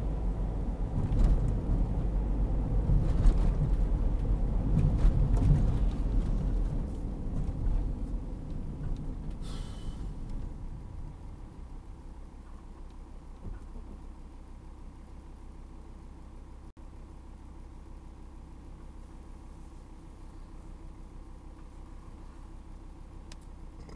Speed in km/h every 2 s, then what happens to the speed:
48, 47, 44, 32, 22, 12, 0, 0, 0, 0, 0, 0.
0-12 brakes to 0. 12-24 standing.